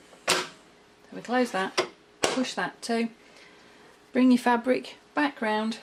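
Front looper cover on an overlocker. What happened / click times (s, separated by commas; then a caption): The hinged front cover snapped shut / 0.3 s. The hinged front looper cover of an overlocker is closed after the cutting blade has been disengaged, giving one short, sharp knock at 0.3 s as it shuts into place. Someone talks throughout the rest of the clip.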